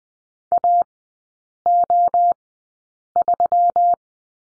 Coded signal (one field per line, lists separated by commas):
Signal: Morse code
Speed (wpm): 20 wpm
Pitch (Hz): 700 Hz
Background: none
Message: AO3